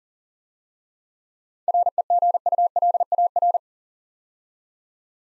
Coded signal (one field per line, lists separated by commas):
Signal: Morse code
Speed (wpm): 38 wpm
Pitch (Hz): 700 Hz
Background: none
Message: REGULAR